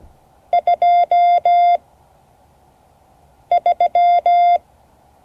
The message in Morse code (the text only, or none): 23